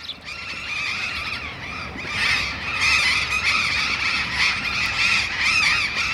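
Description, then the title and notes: Burrowing parrots' harsh squawks start softly, then swell into a loud, dense chorus of grating screeches from many birds. Perched on urban overhead power lines at the corner of Humboldt and H. Yrigoyen, Barrio La Falda, Bahía Blanca. "Loros barranqueros (Cyanoliseus patagonus) en tendido eléctrico aéreo urbano. Humboldt esq. H. Yrigoyen. B° La Falda. Por Sonoteca Bahía Blanca"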